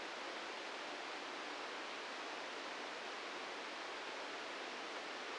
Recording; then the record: brain microelectrode recording played as sound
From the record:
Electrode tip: outside the subthalamic nucleus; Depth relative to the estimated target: 4 mm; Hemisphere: right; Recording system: NeuroSet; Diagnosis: Parkinson's disease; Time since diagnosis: 9 years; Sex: male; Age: 61 years